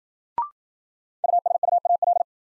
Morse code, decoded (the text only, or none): USUAL